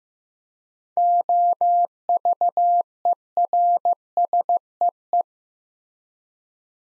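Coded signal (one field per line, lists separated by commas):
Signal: Morse code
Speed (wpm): 15 wpm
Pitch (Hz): 700 Hz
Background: none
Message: OVERSEE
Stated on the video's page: Morse practice of 7-letter words at 15wpm, each word sent twice, for head-copy training.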